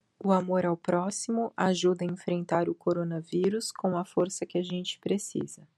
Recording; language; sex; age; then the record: spoken sentence; Brazilian Portuguese; female; 30 to 39 years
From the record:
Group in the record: control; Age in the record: 36 years